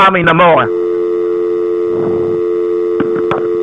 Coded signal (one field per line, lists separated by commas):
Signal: telephone call progress tone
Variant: North America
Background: speech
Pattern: dial tone